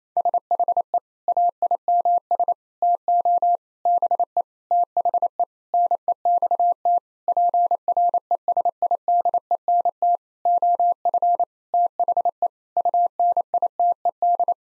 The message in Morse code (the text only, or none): SHE AIMS TO BE THE NEXT PRESIDENT OF THE UNITED